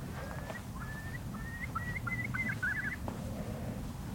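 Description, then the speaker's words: Eurasian oystercatcher alarm calls: a series of sharp piping notes that quicken into a rapid run of shrill peeps over a low background rumble. Stressed-out call, heard from a seawall by salt marshes on a peninsula on the Menai Straits near Caernarfon, North Wales, in summer. "Not that one. That's the stressed out call of oyster catchers."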